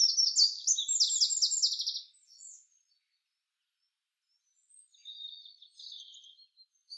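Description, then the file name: Eurasian wren song opening with a vigorous high trilling burst that ends in a rattle; softer, fainter twittering returns after a pause. "Troglodytes troglodytes"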